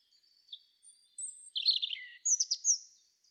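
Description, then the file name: European robin song phrase: faint high notes, then a quick rush of jumbled twittering and bright thin whistles lasting about two seconds. "Erithacus rubecula"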